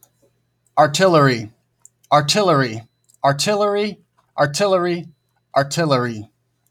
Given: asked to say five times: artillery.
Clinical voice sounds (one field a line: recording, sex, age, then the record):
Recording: repeated word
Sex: male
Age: 30 to 39 years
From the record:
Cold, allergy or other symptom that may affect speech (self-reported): no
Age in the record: 32 years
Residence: Iowa, United States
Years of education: 12